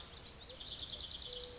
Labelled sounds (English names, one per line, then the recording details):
Lazuli Bunting
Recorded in Sonoma County, California